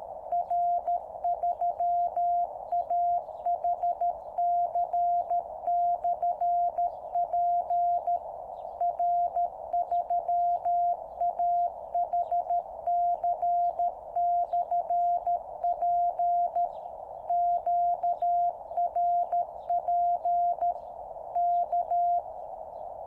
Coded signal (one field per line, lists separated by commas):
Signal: Morse code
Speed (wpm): 13 wpm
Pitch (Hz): 700 Hz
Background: radio noise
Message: R3AHC/P R3AHC/P QRP K